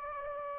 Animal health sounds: mosquito wingbeat signal from an infrared sensor; Anopheles gambiae

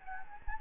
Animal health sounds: mosquito wingbeat signal from an infrared sensor; Anopheles gambiae

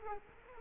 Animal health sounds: mosquito wingbeat signal from an infrared sensor; Culex quinquefasciatus

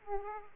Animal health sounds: mosquito wingbeat signal from an infrared sensor; Aedes aegypti

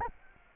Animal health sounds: mosquito wingbeat signal from an infrared sensor; Anopheles arabiensis

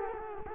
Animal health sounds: mosquito wingbeat signal from an infrared sensor; Culex quinquefasciatus

